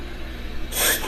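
After a quiet stretch, a female dog gives one harsh, hissing snort lasting about a third of a second: reverse sneezing, a forceful pull of air in through the nose.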